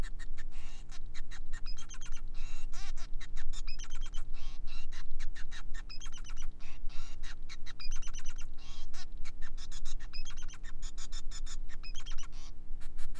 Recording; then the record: song of a male Bengalese finch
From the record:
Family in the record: son of father 5